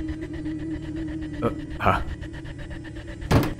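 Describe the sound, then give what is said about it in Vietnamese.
An automatic door bangs shut with a loud, sharp crash after two softer knocks, all over a steady low hum and faint background murmur. “Tôi nghe một tiếng đập cửa rõ to vang lên, cùng với đó hình như là tiếng giật mình của bác bảo vệ.”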